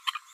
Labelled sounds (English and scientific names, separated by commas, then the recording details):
Green-rumped Parrotlet (Forpus passerinus) babbling
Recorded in a nest box in Venezuela
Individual 18B12A1